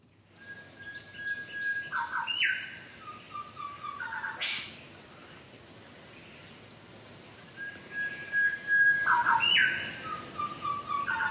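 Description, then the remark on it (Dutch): Two eastern whipbird calls in the Managam nature area in Australia, each a long, thin sustained whistle ending in a sharp whip-crack, followed by softer descending notes, with other birds chirping faintly in the background. “die hoorde in het natuurgebied Managam in Australië de zwartkop zwiepfluiter en stuurt het geluid op.”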